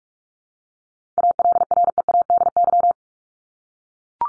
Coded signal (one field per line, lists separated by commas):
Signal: Morse code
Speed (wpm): 44 wpm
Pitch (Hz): 700 Hz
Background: none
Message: ALREADY